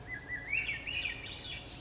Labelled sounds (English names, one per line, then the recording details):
Swainson's Thrush
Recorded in Sonoma County, California